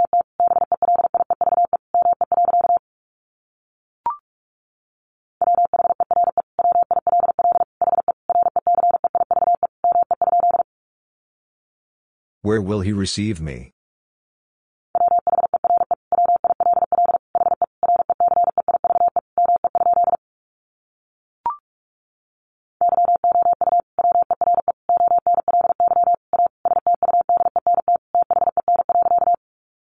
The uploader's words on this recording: Sentences from Top 1000 Words 45wpm. First, the words are sent in Morse code.